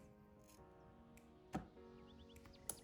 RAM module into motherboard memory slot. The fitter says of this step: Once you hear it click twice.